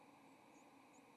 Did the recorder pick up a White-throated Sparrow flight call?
no